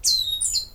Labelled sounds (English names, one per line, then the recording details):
Stitchbird song
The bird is a male
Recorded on Tiritiri Matangi Island, New Zealand, in 2005
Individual 14, of nest box 20